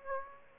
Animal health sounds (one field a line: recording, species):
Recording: mosquito wingbeat signal from an infrared sensor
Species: Aedes aegypti